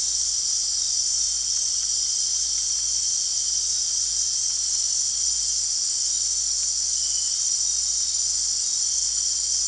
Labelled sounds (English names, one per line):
none